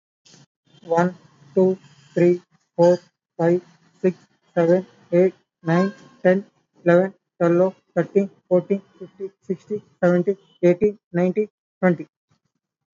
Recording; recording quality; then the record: counting at a normal pace; excellent, no background noise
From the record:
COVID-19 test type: RT-PCR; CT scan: not taken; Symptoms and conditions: none ticked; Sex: male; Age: 22 years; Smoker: no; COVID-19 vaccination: both doses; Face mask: worn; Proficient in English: yes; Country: India